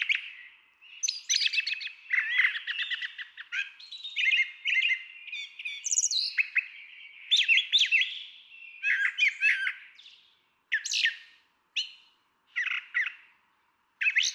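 Brown Thrasher song in quick, varied phrases mixing scratchy chatter with clearer whistled notes, then fewer, spaced phrases near the end.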